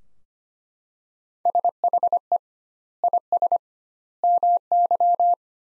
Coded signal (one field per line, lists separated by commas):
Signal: Morse code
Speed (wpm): 25 wpm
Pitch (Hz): 700 Hz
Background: none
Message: SHE IS MY